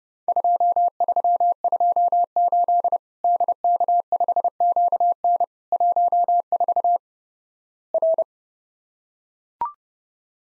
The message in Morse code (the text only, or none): 2328 DK5QN 14 R